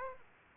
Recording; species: mosquito wingbeat signal from an infrared sensor; Aedes aegypti